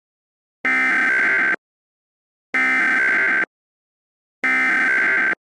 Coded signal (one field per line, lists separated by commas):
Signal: Emergency Alert System (SAME) tones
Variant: header bursts